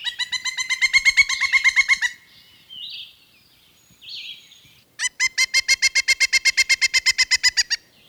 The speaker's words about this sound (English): A pileated woodpecker calls loudly before going to roost.